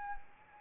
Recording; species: mosquito wingbeat signal from an infrared sensor; Anopheles arabiensis